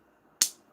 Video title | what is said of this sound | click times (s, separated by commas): Blokees Galaxy Version 10 Live Unboxing + Assembly | Ooh, that snap. | 0.4 s